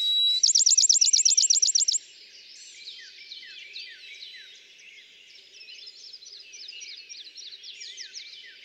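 Bachman's sparrow song: a loud, rapid trill of identical notes, followed by softer, varied chirps and twitters.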